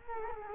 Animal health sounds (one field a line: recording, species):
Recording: mosquito wingbeat signal from an infrared sensor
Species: Culex quinquefasciatus